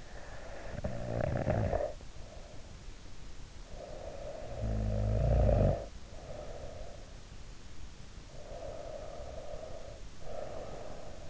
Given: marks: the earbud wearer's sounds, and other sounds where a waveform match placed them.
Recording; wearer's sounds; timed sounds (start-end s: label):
sounds in sleep by an in-ear microphone; snoring breath, breath
0.00-2.71 s: snoring breath
3.54-7.16 s: snoring breath
8.06-11.30 s: breath